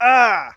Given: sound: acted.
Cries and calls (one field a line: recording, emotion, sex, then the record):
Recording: nonverbal affect burst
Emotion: pain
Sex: male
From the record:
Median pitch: 234 Hz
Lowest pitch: 114 Hz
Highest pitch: 263 Hz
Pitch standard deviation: 47 Hz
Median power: 77.3 dB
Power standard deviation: 12.0 dB